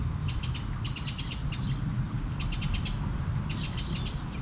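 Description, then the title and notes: Eurasian blackbird producing clusters of quick ticks and a few thin high whistles in short bursts, over a steady low wash of water. One blackbird beside a small stream at Aveize, France, 12 July 2017; recorded with a DPA-2006c AB pair into a Mixpre-3. "Aveize, France - Merle - Blackbird. 20170712-Merle et ruisseau. Bord de ruisseau, un merle, quelques mouches, des avions au loin. Near a small river, a blackbird, a few flies, planes in the distance"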